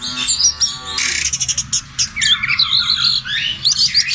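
Bird twittering, a quick burst of high chirps, a stretch of rapid clicking notes, then a lively warbled phrase with high whistles near the end.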